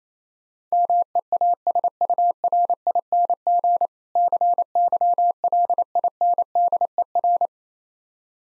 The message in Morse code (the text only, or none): MEASURING CYLINDER